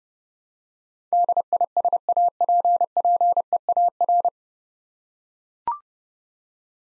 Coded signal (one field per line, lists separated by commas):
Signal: Morse code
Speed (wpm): 30 wpm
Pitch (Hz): 700 Hz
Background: none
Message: DISAPPEAR